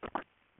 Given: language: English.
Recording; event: throat vibration sensor signal played as sound; swallow